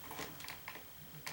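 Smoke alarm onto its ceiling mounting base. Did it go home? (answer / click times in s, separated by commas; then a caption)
no / none. A smoke alarm is held against its ceiling mounting plate and turned to the right to lock it onto the base, giving light scraping handling noise with brief sharp ticks near 0.5 s, 0.7 s and 1.3 s. Nothing has seated or clicked into place yet; the clip ends just before the alarm goes home.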